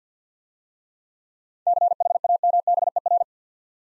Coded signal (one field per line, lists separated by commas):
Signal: Morse code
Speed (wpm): 46 wpm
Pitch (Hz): 700 Hz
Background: none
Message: CHAMBER